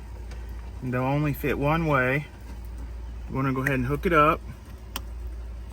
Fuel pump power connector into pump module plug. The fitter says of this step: You'll hear it clip.